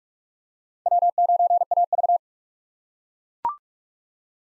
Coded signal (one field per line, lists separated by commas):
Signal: Morse code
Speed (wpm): 41 wpm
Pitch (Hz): 700 Hz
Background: none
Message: W9AV